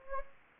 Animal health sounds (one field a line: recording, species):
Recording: mosquito wingbeat signal from an infrared sensor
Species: Anopheles gambiae